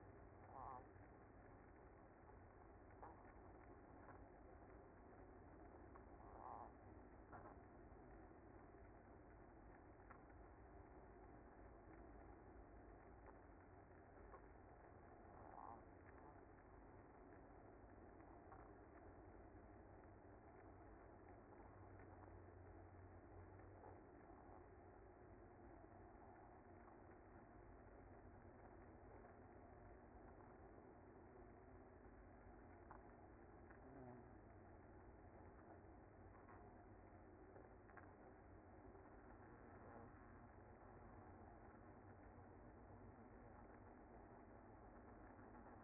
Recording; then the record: honeybee colony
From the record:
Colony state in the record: active